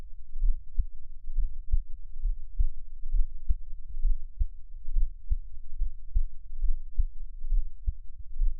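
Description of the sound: Steady, soft low thumps at about 67 beats a minute: an adult's own heartbeat heard close up in a Taiwanese ASMR setting, without talking.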